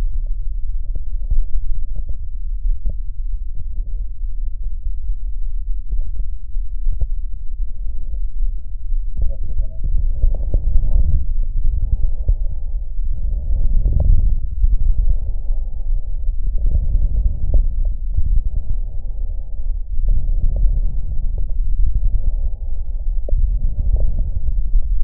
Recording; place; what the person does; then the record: lung sounds by stethoscope; right posterior basal chest; quiet breathing, then deep breathing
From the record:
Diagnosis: pulmonary infection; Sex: male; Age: 86 years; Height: 165 cm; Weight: 65 kg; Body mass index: 23.9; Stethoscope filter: extended mode